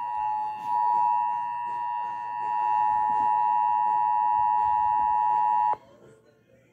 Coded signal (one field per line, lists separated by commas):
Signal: Emergency Alert System (SAME) tones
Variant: 853 and 960 Hz attention tone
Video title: PDS TORNADO WARNING!!!! EAS 20